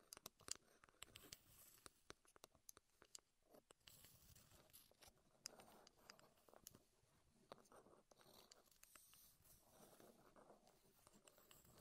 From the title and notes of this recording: ASMR Wood Triggers in Your Ears (No Talking).